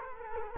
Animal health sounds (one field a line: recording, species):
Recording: mosquito wingbeat signal from an infrared sensor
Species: Culex quinquefasciatus